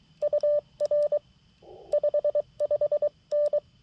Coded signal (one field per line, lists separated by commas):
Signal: Morse code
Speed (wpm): 22 wpm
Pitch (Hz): 590 Hz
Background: none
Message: UR 55N